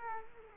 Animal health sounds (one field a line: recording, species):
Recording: mosquito wingbeat signal from an infrared sensor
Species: Culex quinquefasciatus